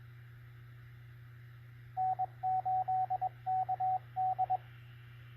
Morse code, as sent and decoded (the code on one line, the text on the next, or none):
-. ---.. -.- -..
N8KD